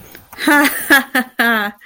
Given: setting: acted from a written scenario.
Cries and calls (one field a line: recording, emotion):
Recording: vocal sound without words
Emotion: amusement